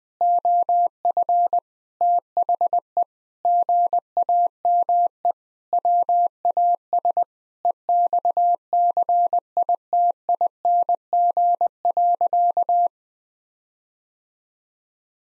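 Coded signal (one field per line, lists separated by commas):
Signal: Morse code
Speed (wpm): 20 wpm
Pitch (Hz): 700 Hz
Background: none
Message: OF THE GAME WAS EXCITING.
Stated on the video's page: 20 wpm Morse practice: sentences with common five-word phrases, first words spoken before sending, each sentence sent twice for head-copy.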